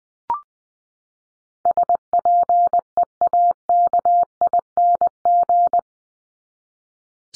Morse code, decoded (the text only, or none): SPEAKING